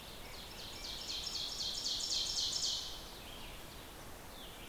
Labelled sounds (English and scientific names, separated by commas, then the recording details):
Ovenbird (Seiurus aurocapilla) song
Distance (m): 40 m
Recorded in boreal forest in Alberta, Canada, on 14 June 2016 at 06:38
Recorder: SongMeter 3, array SBT-3-33
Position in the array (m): 110 m, 78 m
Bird 21